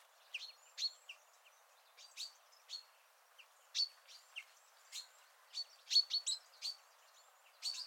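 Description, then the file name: Common chaffinch: short high chirps and sharp notes repeated irregularly, several in quick clusters, over a light steady hiss. "Fringilla coelebs"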